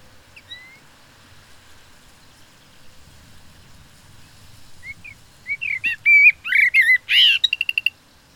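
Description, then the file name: Common blackbird song phrase: after several quiet seconds, a burst of rich fluting whistles ends in a high, squeaky twittering flourish of rapid notes. "Turdus merula"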